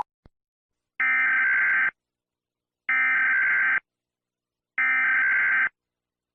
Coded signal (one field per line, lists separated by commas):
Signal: Emergency Alert System (SAME) tones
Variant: header bursts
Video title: EAS Scenario: Gas station weed